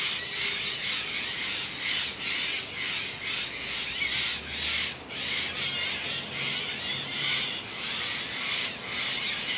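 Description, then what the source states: Steller's jay mobbing calls: harsh, rasping shack notes repeated about twice a second in an unbroken chattering series. Mobbing calls, northwestern California.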